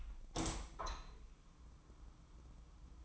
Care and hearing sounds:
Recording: daily activity, microphone in the room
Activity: open window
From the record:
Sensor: 1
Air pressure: 1004.7 hPa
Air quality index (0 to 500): 116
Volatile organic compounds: 4 ppm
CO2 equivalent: 1611 ppm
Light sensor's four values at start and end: 8/20/8/8 and 8/21/8/9

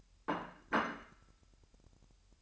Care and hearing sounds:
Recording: daily activity, microphone in the room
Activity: place plate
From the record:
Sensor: 2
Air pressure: 1001.9 hPa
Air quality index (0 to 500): 248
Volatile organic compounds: 39 ppm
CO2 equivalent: 3139 ppm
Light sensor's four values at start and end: 8/28/11/10 and 8/28/11/10

